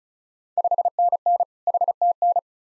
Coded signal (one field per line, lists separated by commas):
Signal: Morse code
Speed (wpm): 36 wpm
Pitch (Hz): 700 Hz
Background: none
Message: 5NN HTN